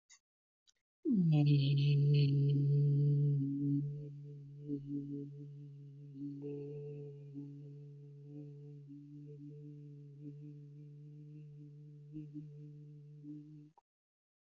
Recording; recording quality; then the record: sustained vowel as in beet; excellent, no background noise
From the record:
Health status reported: healthy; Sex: male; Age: 32 years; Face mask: not worn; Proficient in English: yes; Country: India